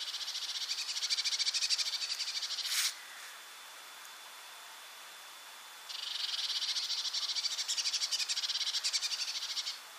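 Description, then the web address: Eurasian blue tit churring in two long buzzy bursts of fast pulses, broken by a sharp click and a quiet gap of about three seconds. "SETE data Cyanistes caeruleus"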